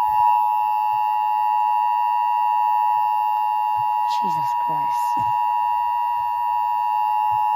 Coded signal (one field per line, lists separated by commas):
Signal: Emergency Alert System (SAME) tones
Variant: 853 and 960 Hz attention tone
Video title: Silence EAS 74￼